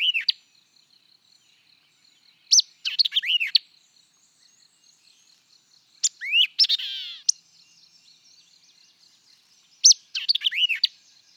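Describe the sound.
White-eyed vireo song, jumbled phrases of sharp chips, slurs and a brief buzzy note, given roughly every three to four seconds over faint background notes.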